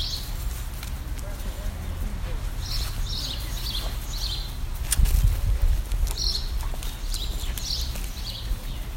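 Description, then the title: Bird chirps come in small clusters of high, quick notes with pauses between, over a low steady rumble and a brief thump midway. "Birds Chirping Meditation"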